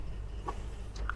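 An ASUS GeForce GTX 750 Ti OC 2GB GDDR5 graphics card is pushed straight and firmly into the motherboard's PCIe x16 slot. After a couple of faint knocks, the slot's plastic retention latch gives a sharp click at 1.1 s, and the card is locked in place.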